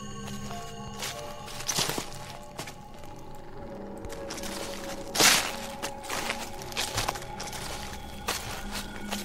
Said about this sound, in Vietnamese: Đúng thật là có tiếng gì đó rất lạ ở bên ngoài cửa. Lắng tai nghe thật kỹ thì nó giống như là tiếng bước chân lạo xạo dẫm lên lá khô. Có ai đó đang đi lại ở bên ngoài ngôi nhà.